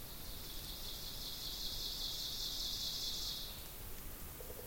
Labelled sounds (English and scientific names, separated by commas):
Ovenbird (Seiurus aurocapilla) song